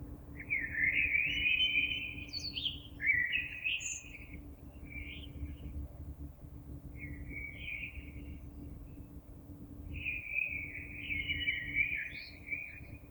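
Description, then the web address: Common blackbird song made of several smooth fluting phrases with brief twittered endings, set against a steady low background hiss. Recorded 26 April 2022. "oiseaux Merle 2022 04 26"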